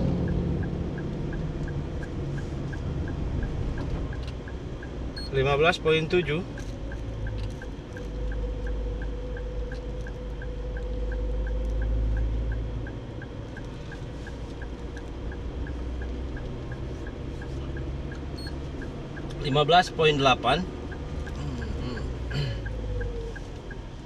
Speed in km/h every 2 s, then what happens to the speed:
30, 30, 29, 29, 28, 29, 29, 28, 26, 24, 23, 22.
0-13 steady at about 29. 13-24 slows to 22.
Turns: none.